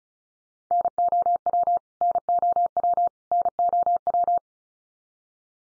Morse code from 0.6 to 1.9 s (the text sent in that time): NOW